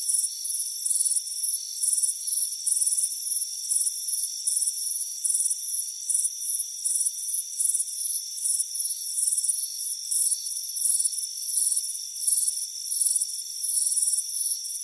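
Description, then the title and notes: Shrill pulsing cricket calls repeat continuously, one or two per second, blending into a constant high-pitched insect hum. Crickets chirping on a warm afternoon, heard from a hammock on a front porch. "Soothing Crickets Chirping Sound. It's a warm afternoon as you relax in a hammock on the front porch. Relax and fall asleep to the soothing sound of chirping crickets. Deep Sleep Sounds"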